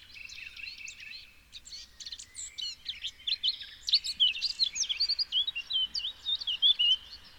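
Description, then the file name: Eurasian blackcap song: a rapid, scratchy warble that breaks into loud, clear fluting whistles towards the end. "Sylvia atricapilla"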